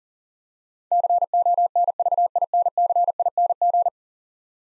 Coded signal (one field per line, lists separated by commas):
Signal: Morse code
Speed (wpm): 40 wpm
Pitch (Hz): 700 Hz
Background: none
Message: CONVINCING